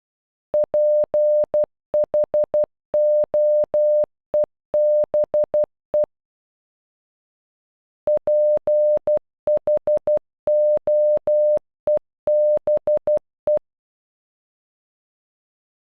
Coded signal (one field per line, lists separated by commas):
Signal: Morse code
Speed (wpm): 12 wpm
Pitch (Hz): 600 Hz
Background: none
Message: PHOEBE PHOEBE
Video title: Phoebe in Morse code